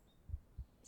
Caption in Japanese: 心臓の音って落ち着くでしょ。お母さんのお腹の中にいるみたいで。